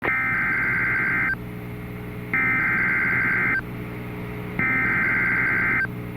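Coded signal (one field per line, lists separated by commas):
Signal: Emergency Alert System (SAME) tones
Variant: header bursts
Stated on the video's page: Valid EAS tones of a Severe Thunderstorm Warning for Fayette, Haywood, Shelby and Tipton Counties, Tennessee.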